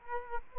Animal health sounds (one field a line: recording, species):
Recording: mosquito wingbeat signal from an infrared sensor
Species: Culex quinquefasciatus